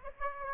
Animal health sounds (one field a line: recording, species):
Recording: mosquito wingbeat signal from an infrared sensor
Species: Aedes aegypti